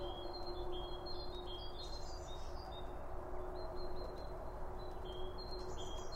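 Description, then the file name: Birds chirping continuously with overlapping high whistles and short buzzy phrases, a faint steady tone running underneath. Birds around a bird feeder; recorded with two Line Audio OM1 microphones. "Birds Around Birdfeeding With Two Om 1 From Line Audio"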